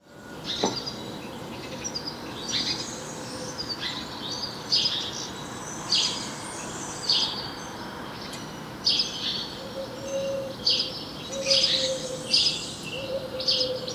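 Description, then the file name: House sparrow chirping in a busy run of harsh, bright notes, grouped in bursts, with a faint low tone behind. "Passer domesticus"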